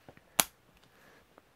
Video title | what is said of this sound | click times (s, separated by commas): Parents and Collectors Guide to Jurassic World Mattel Basic Dilohposaurus and Indoraptor | Make sure you hear that click, and your Dilophosaurus is assembled. | 0.4 s